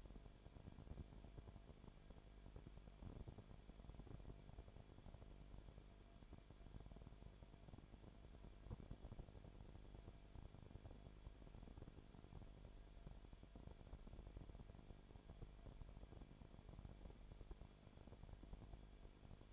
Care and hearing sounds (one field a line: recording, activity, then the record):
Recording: daily activity, microphone in the room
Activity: no activity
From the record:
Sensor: 5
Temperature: 19.9 degrees Celsius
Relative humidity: 35.5%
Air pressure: 1003.4 hPa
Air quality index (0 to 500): 58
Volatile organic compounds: 1 ppm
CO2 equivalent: 639 ppm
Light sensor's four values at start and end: 2/3/1/1 and 2/3/1/1